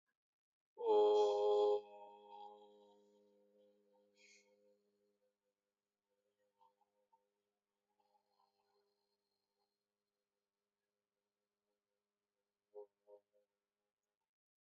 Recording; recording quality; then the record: sustained vowel as in boot; excellent, no background noise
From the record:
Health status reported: healthy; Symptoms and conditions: none ticked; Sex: male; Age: 41 years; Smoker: not ticked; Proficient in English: yes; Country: India